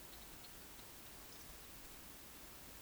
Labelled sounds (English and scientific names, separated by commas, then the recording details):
Eurasian Woodcock (Scolopax rusticola) whistle
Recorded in Baden-Württemberg, Germany, on 31 May 2021 at 20:15 UTC
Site 20675, 466 m above sea level